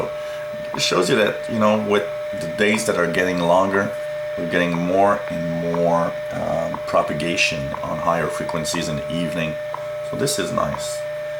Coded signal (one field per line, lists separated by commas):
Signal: radio time signal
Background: speech